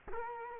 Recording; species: mosquito wingbeat signal from an infrared sensor; Culex quinquefasciatus